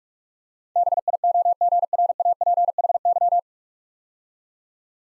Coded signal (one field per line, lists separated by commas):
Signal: Morse code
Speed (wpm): 44 wpm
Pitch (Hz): 700 Hz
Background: none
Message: BIOGRAPHY